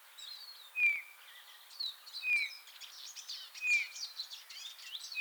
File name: Pyrrhula pyrrhula